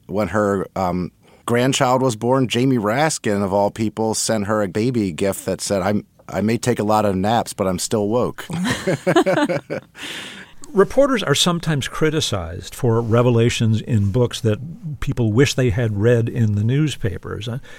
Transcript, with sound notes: when her grandchild was born, Jamie Raskin, of all people, sent her a baby gift that said, I may take a lot of naps, but I'm still woke.
(LAUGHTER)
Reporters are sometimes criticized for revelations in books that people wish they had read in the newspapers.